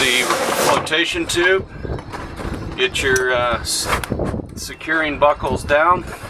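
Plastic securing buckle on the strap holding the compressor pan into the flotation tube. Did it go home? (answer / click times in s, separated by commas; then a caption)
no / none. Someone talks while handling a plastic securing buckle on the strap that holds a hookah unit's compressor pan in its flotation tube, getting the buckles down. The buckle has not snapped into place yet; nothing has seated or clicked.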